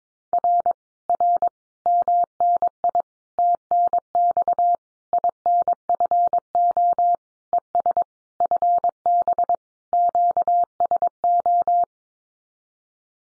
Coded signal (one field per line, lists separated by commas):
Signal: Morse code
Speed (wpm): 22 wpm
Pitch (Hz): 700 Hz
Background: none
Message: R R MNI TNX INFO ES FB QSO